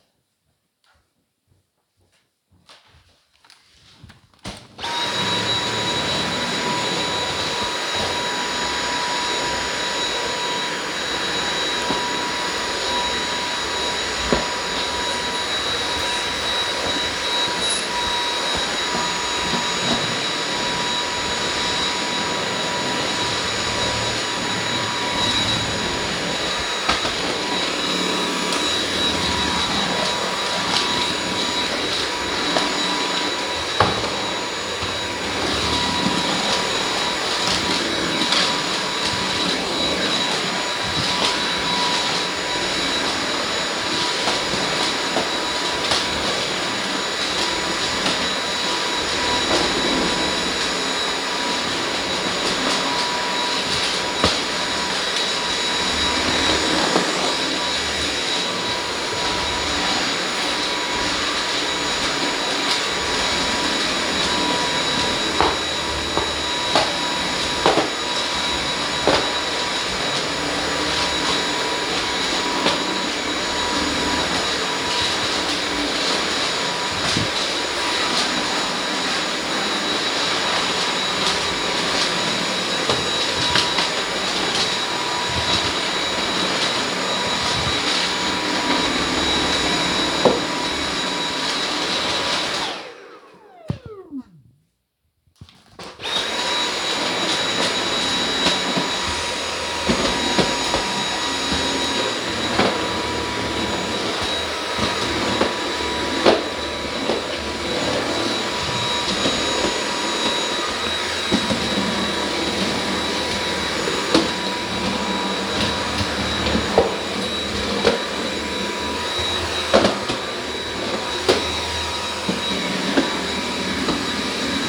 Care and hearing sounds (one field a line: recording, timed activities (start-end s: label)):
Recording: household activities, microphone on the right wrist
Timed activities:
4.36-92.68 s: vacuum cleaning
96.70-124.69 s: vacuum cleaning